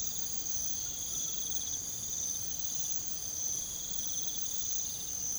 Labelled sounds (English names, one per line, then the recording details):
none
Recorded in pastures near Puerto Asís, Putumayo, Colombia, on 9 March 2025 at 02:30
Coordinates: 0.486, -76.323
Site G075